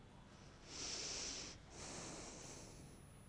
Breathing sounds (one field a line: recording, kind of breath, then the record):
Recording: one breath in and out by a microphone near the nose and mouth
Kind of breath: deep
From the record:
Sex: male